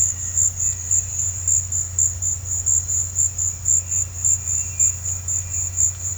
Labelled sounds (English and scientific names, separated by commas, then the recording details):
none
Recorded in pastures near Puerto Asís, Putumayo, Colombia, on 15 December 2024 at 15:00
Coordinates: 0.502, -76.324
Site G077